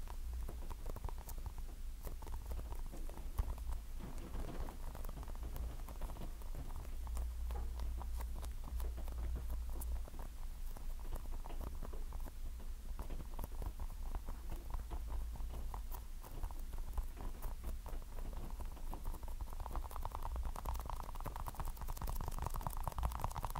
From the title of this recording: Tapping & Scratching